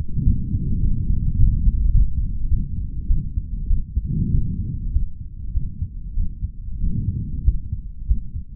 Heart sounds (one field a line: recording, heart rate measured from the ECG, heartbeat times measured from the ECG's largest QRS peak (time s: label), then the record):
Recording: heart sounds by stethoscope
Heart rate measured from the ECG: 100 bpm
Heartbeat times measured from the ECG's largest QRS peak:
0.25 s: heartbeat
0.81 s: heartbeat
1.37 s: heartbeat
1.93 s: heartbeat
2.49 s: heartbeat
3.08 s: heartbeat
3.69 s: heartbeat
4.30 s: heartbeat
4.92 s: heartbeat
5.53 s: heartbeat
6.15 s: heartbeat
6.79 s: heartbeat
7.44 s: heartbeat
8.07 s: heartbeat
From the record:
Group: healthy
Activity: rest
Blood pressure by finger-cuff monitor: 167/121 mmHg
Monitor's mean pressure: 135 mmHg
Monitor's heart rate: 106 bpm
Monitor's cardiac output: 4.5 L/min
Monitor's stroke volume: 42 mL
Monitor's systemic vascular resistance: 2310 dyn s/cm5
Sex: male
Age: 55 years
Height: 167 cm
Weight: 57.2 kg